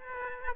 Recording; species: mosquito wingbeat signal from an infrared sensor; Aedes aegypti